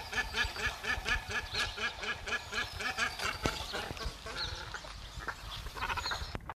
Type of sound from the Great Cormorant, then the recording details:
call. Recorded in captivity. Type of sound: call. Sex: pair. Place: Zoo Osnabrück. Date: 1974-03-14. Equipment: Halbspur, 9,5 cm/s. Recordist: Lütgens, Hans. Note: Ein Paar bei Nestübergabe